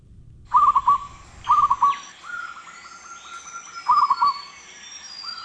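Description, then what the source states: Zebra dove giving soft stuttering coos in short rolling bursts, three main phrases with a longer even trill between them, faint high whistles behind. Sweet cooing; common across Hawaii.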